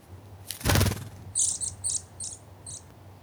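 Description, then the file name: Eurasian nuthatch calls: five short, very high, sharp notes spaced irregularly, following a loud dull thump, with a low background hum throughout. "Sitta europaea"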